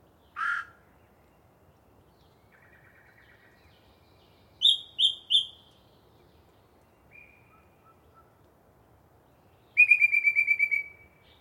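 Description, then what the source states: Yellow-breasted chat song, varied phrases: a harsh note, soft low chatter, three descending whistles, a thin tone, then a rapid run of whistled notes. Pre-dawn, a particularly chatty bird giving a long soliloquy from deciduous cover.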